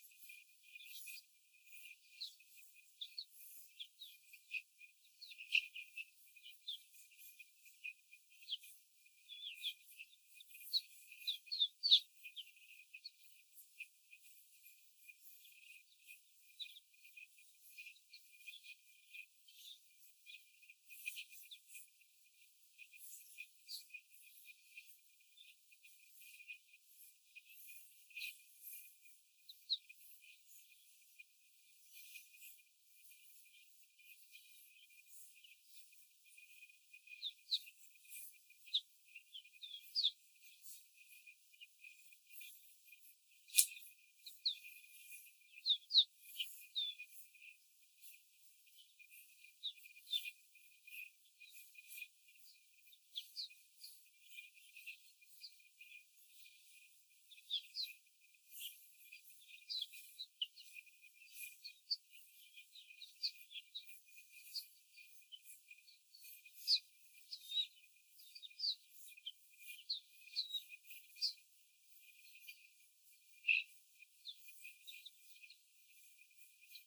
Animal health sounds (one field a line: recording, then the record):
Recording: young laying hens in a cage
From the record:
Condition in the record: after the stressor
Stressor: simulated dog barking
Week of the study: 4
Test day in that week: 1